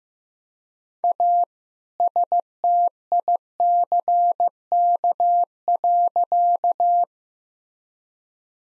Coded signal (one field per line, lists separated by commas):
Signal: Morse code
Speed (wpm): 15 wpm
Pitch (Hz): 700 Hz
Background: none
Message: A STICK.